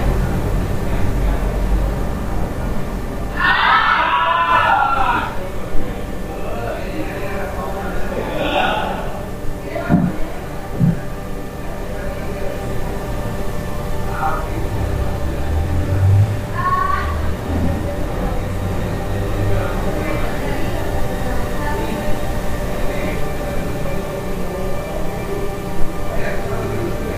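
Sounds from a hostel room in Central America: a steady low hum and murmur runs throughout, with scattered voices and brief bright chirping or squeaking bursts around 4, 8 and 17 seconds. Occasional soft knocks and shuffles punctuate the constant background.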